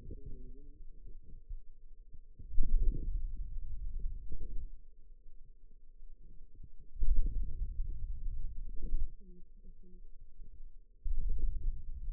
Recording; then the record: forearm muscle sounds (acoustic myography)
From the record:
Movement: hand opening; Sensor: system 2, bracelet of six BSWA MPA416 microphones around the upper forearm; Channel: 4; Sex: female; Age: 21 years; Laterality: right